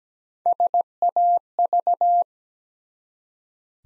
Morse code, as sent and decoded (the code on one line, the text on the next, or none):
... .- ...-
SAV